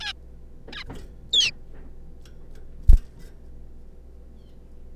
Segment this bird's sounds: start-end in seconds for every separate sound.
0.01-0.12, 0.73-0.84, 1.33-1.51